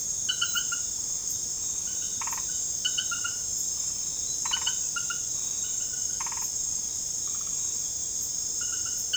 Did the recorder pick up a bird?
no